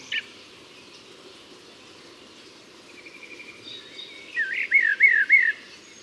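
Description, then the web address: Common blackbird with a brief note at the start, then a rapid series of rolling fluty slurs near the end, amid a quiet hissing background. "SETE data Turdus merula"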